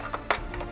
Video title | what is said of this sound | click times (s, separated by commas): Latest Hasbro Endor Playset review and Preorder | nice detent snap in place for your blast doors so opening up the first doors | 0.3 s